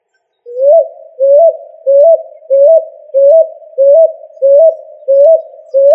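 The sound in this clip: Pigeon cooing: a steady series of short, mellow, upward-hooked notes, each trailing off softly, repeated about every two-thirds of a second.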